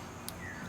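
The second wiring harness plug is pushed into the rotor position sensor of an LG washer until it latches on top, giving one short, sharp click at 0.3 s over a steady low background hum. A faint tone follows, and the connector is confirmed locked in.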